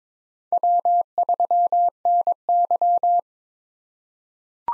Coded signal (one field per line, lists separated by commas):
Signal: Morse code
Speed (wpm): 22 wpm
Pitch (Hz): 700 Hz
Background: none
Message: W3NY